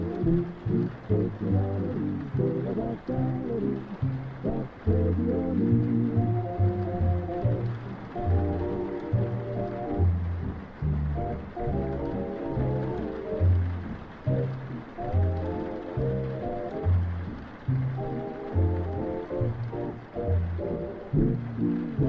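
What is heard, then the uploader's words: Oldies music plays in another room, muffled and dull, with its bass line and sustained melody notes coming through clearly for the whole clip at a steady, moderate tempo. A faint, even hiss sits underneath the music. Oldies music playing in another room and it's raining.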